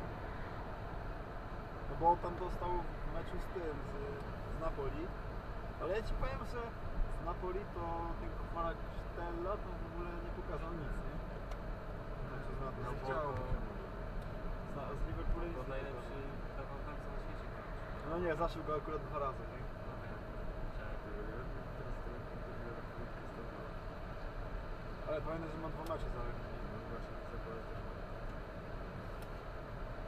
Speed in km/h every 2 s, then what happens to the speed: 70, 68, 66, 64, 62, 60, 60, 60, 60, 60, 60, 59, 60, 59, 59.
0-10 slows to 60. 10-30 steady at about 60.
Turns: none.